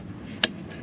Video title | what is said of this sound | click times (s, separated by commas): FORD TRANSIT CONNECT FULL SERVICE TUTORIAL | Make sure it clicks. | 0.4 s